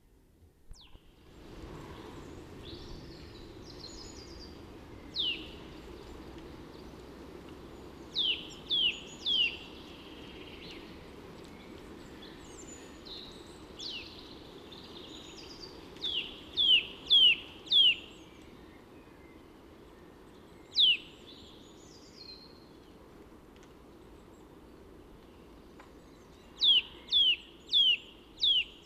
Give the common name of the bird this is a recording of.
Eurasian Nuthatch